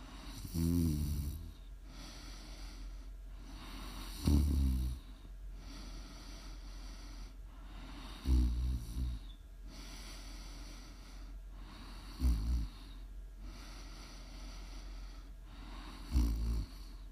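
Low, rattling snores come about every four seconds, roughly 15 a minute, each a short fluttering burst on the in-breath with quiet breathing between. Five snores are heard against a steady low background hiss. This is ordinary adult snoring, made as ASMR for sleep and relaxation.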